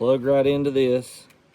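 Someone talks while handling the air hose connector of a Lasfit portable tire inflator, about to plug it into its port on the unit. Nothing has seated or clicked yet.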